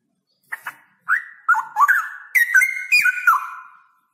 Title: GILEEE Cucak ROWO Jantan GACOR Suara Lantang ROoo EL Panjang